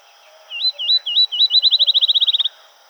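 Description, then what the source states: Field sparrow song, clear high whistles starting slow and spaced, then accelerating into a steady rapid trill that ends abruptly. Recorded 7 July 2007.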